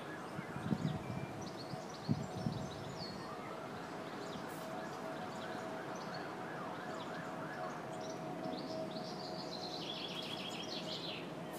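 Bird song: several high, rapid trills and chattering phrases, one falling in steps near the end, with two low thumps early and a steady hum and rushing noise.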